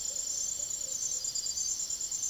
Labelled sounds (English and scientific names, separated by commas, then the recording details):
none
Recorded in secondary vegetation near Puerto Asís, Putumayo, Colombia, on 22 June 2025 at 03:00
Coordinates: 0.489, -76.322
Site G021